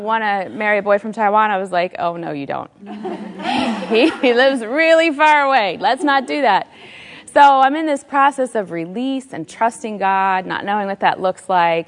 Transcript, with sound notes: want to marry a boy from Taiwan,” I was like, “Oh, no you don’t! (laughter) He lives really far away! Let’s not do that!” So I’m in this process of release and trusting God—not knowing what that looks like.